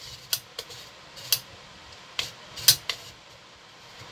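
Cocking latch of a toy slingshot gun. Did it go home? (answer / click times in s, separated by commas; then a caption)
no / none. The cocking latch of a homemade toy slingshot gun is worked repeatedly as someone tries to cock and lock it. Sharp knocks ring out at about 0.3, 0.6, 1.3, 2.2, 2.7 and 2.9 seconds over a quiet background. The latch has not locked or clicked into place.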